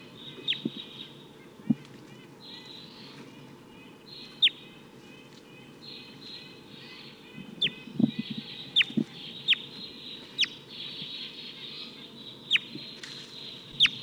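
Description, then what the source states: Steller's Jay giving scattered harsh, abrupt calls, with a continuous series of nasal, tooting notes from another bird behind. Two Steller's Jays, with a Red-breasted Nuthatch calling in the background.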